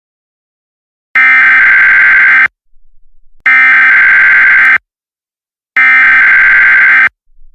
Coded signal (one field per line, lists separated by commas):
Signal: Emergency Alert System (SAME) tones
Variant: header bursts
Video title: EAS Mini: Tornado In Colorado Springs